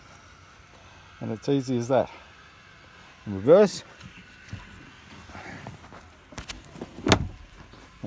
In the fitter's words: clicks into place and that's secure